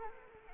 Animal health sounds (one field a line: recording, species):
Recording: mosquito wingbeat signal from an infrared sensor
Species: Anopheles arabiensis